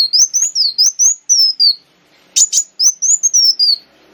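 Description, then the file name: Sunbird song: a rapid run of high whistled notes wavering then falling, a sharp burst of chips, then another descending whistled run. Lure recording (pancingan) of kolibri wulung song. "suara burung kolibri wulung pancingan"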